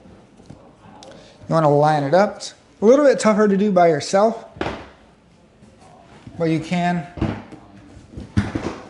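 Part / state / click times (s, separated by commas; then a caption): power wheelchair seat onto seat base / not seated / none. A power wheelchair seat is being positioned and lined up on its seat base before being pushed down to latch, while someone talks. Brief handling knocks are heard between the speech, but the seat has not clicked into place yet.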